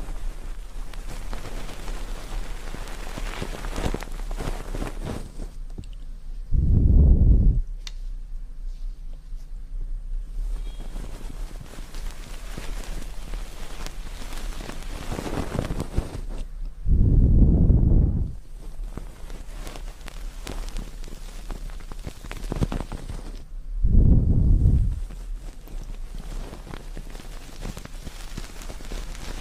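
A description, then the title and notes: Ear cleaning and ear massage water sounds: a steady bed of soft crackling, rustling and trickling runs throughout. Three heavy, muffled low whooshes rise out of it, around 7, 17 and 24 seconds, each lasting about a second. TimASMR- Ear Cleaning & Ear Massage Water Sounds.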